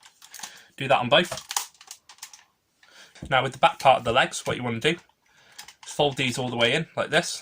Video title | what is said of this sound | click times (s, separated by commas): Power Rangers Ninja Storm Deluxe Storm Power Megazord Review | connect them and you'll hear a click, just like that. | 0.4 s